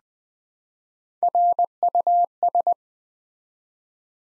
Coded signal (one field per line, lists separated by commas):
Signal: Morse code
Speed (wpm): 20 wpm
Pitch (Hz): 700 Hz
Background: none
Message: RUS